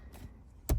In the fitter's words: Just do it anticlockwise and it will lock into place.